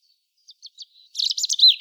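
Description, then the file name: European robin: a few soft high ticks, then a brief dense burst of squeaky warbling notes. "Erithacus rubecula"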